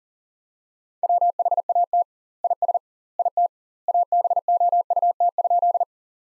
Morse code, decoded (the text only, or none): WHAT IS IT ABOUT?